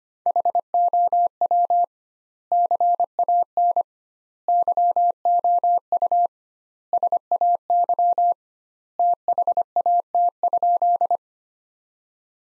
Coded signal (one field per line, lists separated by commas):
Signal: Morse code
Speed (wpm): 25 wpm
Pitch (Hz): 700 Hz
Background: none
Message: HOW CAN YOU SAY THAT?